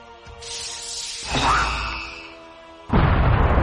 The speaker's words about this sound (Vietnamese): khí thế của nó mạnh vô cùng, hơn nữa nhanh hơn, trong sát na cùng tiến đến tiểu kiếm màu lam va chạm, tiếng nổ đinh tai nhức óc truyền ra.